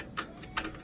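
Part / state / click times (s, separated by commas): threaded fitting into radiator port / not seated / none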